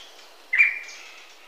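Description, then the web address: Rufous-breasted antthrush giving a single short whistled note, slightly blurred, against faint background hiss. Recorded in Ecuador. "Birds of Ecuador. Rufous-breasted Antthrush"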